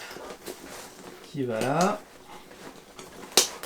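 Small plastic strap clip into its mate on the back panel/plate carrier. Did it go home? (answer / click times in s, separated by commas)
yes / 3.4 s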